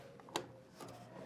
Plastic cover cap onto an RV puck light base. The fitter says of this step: You should hear it click into place, letting you know you're good.